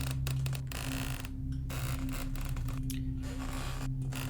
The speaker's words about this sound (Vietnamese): Âm thanh ken két quả thực cứ như là người ta nghiến răng ấy, sợ lắm.